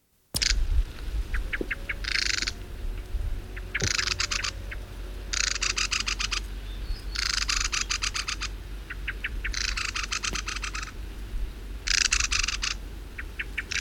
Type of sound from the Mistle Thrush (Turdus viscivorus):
call